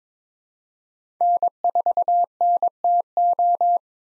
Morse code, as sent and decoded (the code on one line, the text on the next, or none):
-. ....- -. - ---
N4NTO